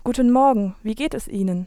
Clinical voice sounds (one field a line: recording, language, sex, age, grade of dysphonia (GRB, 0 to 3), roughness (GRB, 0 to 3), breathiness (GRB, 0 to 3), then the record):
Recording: spoken sentence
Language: German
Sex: female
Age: 20 to 29 years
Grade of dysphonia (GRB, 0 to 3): 1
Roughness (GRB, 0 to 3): 1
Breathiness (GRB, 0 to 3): 0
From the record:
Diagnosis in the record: dysodia (singing voice disorder)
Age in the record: 21 years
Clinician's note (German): Leichte funktionelle Form